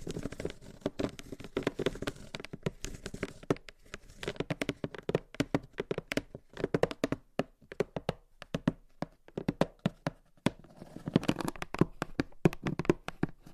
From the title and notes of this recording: ASMR Tingly Gentle Tapping & Scratching to Help You Fall Asleep No Talking.